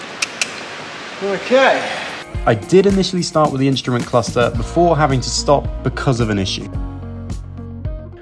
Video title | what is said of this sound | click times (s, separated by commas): REBUILDING MY CAT-S FERRARI CALIFORNIA T - PT. 2 | okay and with this bit of chrome trim with Ferrari written on it clicked back into place I can now turn my attention to the driver's side | 0.2 s, 0.4 s